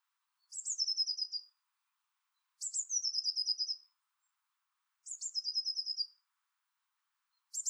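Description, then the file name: Eurasian blue tit song: a thin, high opening note falling into a quick, silvery trill, repeated about every two and a half seconds. "Cyanistes caeruleus"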